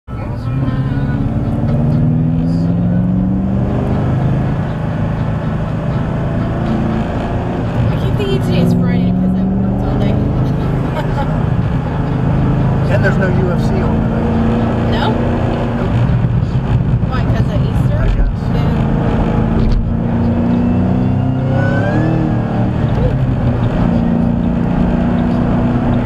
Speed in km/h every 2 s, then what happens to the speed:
39, 52, 60, 63, 71, 79, 82, 90, 90, 85, 97, 118, 119.
0-14 speeds up to 90. 14-19 steady at about 90. 19-26 speeds up to 119.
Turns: none.